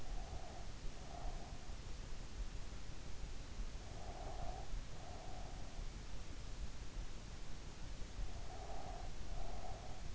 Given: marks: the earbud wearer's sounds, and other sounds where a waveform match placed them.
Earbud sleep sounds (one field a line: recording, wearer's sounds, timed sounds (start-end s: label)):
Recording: sounds in sleep by an in-ear microphone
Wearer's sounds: breath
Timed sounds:
0.00-1.61 s: breath
3.84-5.79 s: breath
8.33-10.15 s: breath